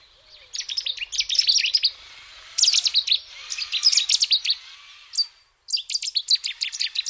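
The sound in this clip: Cetti's warbler: explosive runs of fast, piercing notes, several bursts in quick succession with brief gaps, no other clear sounds.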